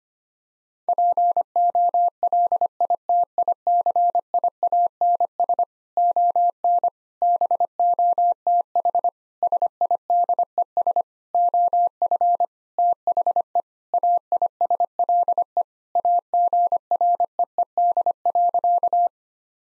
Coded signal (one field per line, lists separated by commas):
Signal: Morse code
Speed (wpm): 25 wpm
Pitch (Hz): 700 Hz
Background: none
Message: POLITICIANS ON BOTH SIDES OF THE AISLE AGREED.